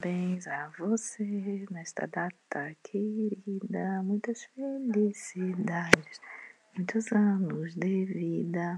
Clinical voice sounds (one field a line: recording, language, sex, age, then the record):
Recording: short text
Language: Brazilian Portuguese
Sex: female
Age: 30 to 39 years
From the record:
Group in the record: control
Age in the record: 38 years